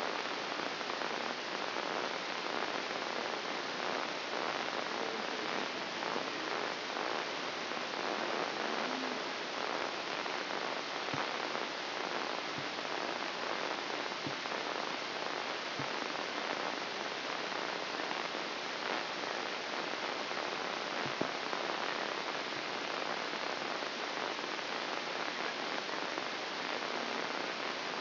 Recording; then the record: brain microelectrode recording played as sound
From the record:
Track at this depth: inside the subthalamic nucleus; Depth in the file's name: 6.105 mm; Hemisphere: left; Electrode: 2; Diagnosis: Parkinson's disease